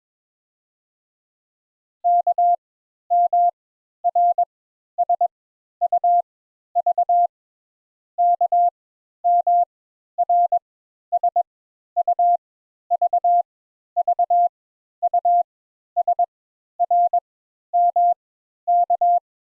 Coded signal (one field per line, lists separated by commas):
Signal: Morse code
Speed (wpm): 22 wpm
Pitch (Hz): 700 Hz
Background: none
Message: K M R S U V K M R S U V V U S R M K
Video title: Morse Code Introductory Lesson 3 Letters U and V